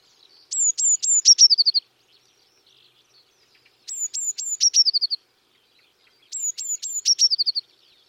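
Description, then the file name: Eurasian blue tit giving high, sharp downslurred notes running into a quick fading trill, the phrase given three times at roughly three-second intervals. "Cyanistes caeruleus"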